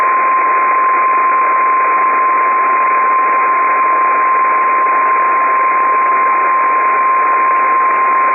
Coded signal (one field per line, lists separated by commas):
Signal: Emergency Alert System (SAME) tones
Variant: 1050 Hz attention tone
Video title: Required Weekly Test - 03/20/19 (EAS #66)